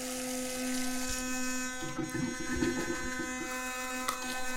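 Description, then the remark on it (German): An electric toothbrush buzzes steadily with a bright, whining hum, its tone wavering and scrubbing briefly in the middle as it works, with no voices present. “Ich finde diese Zahnbürsten irgendwie...”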